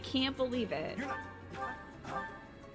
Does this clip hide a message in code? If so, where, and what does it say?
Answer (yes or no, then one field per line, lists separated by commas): no